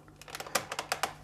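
The lock lever on the lid of an Oase Biomaster Thermo canister aquarium filter is handled as it is being closed back on, giving a quick series of sharp plastic-like taps and rattles over a low steady hum. Nothing has seated or locked yet by the end of the clip.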